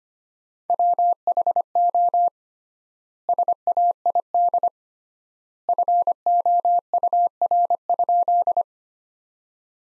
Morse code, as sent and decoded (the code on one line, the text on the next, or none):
.-- .... --- / ... .- .. -.. / ..-. --- ..- .-. ..--..
WHO SAID FOUR?